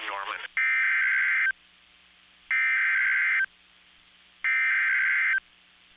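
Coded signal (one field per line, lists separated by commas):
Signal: Emergency Alert System (SAME) tones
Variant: header bursts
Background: speech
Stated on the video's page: Severe thunderstorm warning on WXK85 and KNAH from NWS Norman OK, recorded with a Canon EOS Rebel SL3 and Rode VideoMic Pro.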